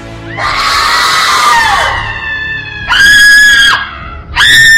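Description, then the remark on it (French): Several voices scream and wail at once in loud, high, drawn-out cries, a dramatized lamentation at Rama over children killed, with a sustained wavering wail followed by two more piercing bursts of shrieking, no speech. “On a entendu des cris à Rama, des pleurs et des grandes lamentations.”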